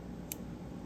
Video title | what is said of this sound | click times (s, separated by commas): Magnets are the Future! - Winter Blade Co. Factor Full Review | and then it kind of clicks into place as i understand it there's something here | 0.3 s